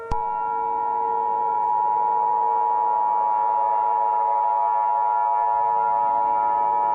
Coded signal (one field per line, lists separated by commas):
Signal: Emergency Alert System (SAME) tones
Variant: 853 and 960 Hz attention tone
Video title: EAS Mock: Imminent Cataclysm